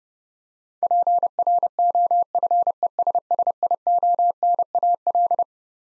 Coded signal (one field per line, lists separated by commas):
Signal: Morse code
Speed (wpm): 30 wpm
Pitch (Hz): 700 Hz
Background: none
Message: PROFESSIONAL